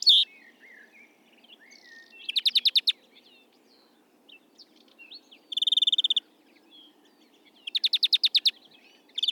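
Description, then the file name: European greenfinch giving repeated fast trills, each burst about half a second long, separated by pauses of a couple of seconds with soft twitters between. "Chloris chloris"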